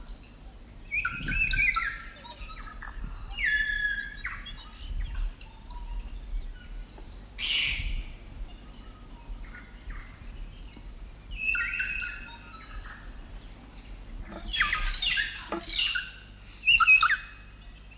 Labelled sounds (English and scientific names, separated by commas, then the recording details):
Kākā (Nestor meridionalis)
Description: Kākā: South Island kākā song
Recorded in New Zealand